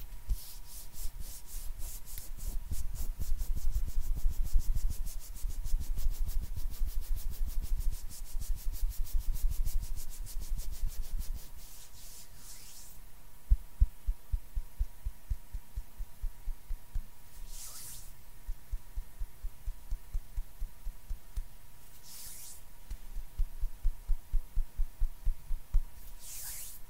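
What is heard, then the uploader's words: Hand sounds rub and brush together in a fast, dense, rhythmic stream for the first thirteen seconds. After that the motion thins into sparse, regular soft taps, with a few brief airy swishes around 13, 18, 22 and 27 seconds. A faint steady tone runs underneath throughout. ASMR HAND SOUNDS NO TALKING, INTENSE HAND SOUNDS, ASMR HAND MOVEMENTS.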